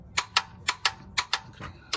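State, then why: Torque reached. A torque wrench tightens the retaining bolt that holds the oil filter mount and oil heat exchanger on a Nissan Titan, Armada or Infiniti QX56 engine until it clicks at its setting, repeated to be sure. Sharp metallic clicks come in quick pairs at about 0.2, 0.4, 0.7, 0.9, 1.2 and 1.3 seconds. The bolt is confirmed torqued to spec.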